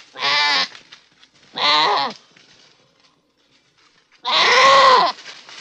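Goat bleating: three wavering, nasal bleats, the last one longer, louder and harsher, with quiet pauses between.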